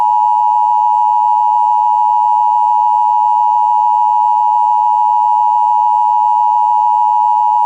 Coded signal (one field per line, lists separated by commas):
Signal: Emergency Alert System (SAME) tones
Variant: 853 and 960 Hz attention tone